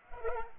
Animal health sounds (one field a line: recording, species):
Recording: mosquito wingbeat signal from an infrared sensor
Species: Culex pipiens